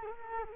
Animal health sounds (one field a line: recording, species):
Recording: mosquito wingbeat signal from an infrared sensor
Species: Culex quinquefasciatus